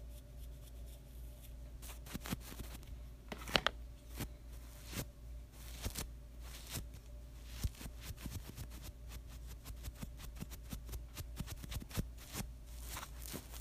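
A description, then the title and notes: Paint brushes stroke and tap in quick, irregular bursts of dry scratchy clicks over a steady low hum. From large room painting brushes to small canvas paint brushes.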